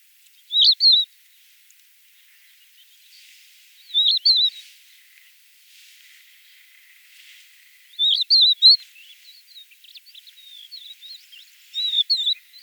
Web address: galerida cristata call